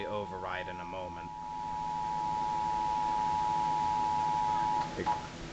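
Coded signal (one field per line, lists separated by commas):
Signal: Emergency Alert System (SAME) tones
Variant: 853 and 960 Hz attention tone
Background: speech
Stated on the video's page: Capture of the national Emergency Alert System/Wireless Emergency Alerts test.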